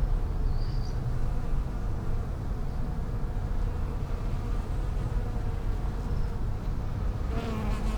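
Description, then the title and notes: Bees buzzing steadily in a low droning hum with overlapping wingbeat tones, a brief higher whine near the end. Bees in lavender in the palliative care service garden of Hôpital Brugmann, Brussels, Belgium, a peaceful spot apart from other hospital pavilions; recorded with Sony PCM-M10 internal microphones. "Hôpital Brugmann, Place Arthur Van Gehuchten, Bruxelles, Belgique - bees in the palliative care services garden. Bees in the lavender from the palliative care service's garden. Abeilles dans la lavande, jardin du service de soins palliatifs"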